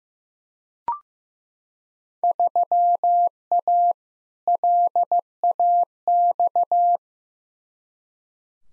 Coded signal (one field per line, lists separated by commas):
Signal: Morse code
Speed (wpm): 15 wpm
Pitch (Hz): 700 Hz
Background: none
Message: 3A LAX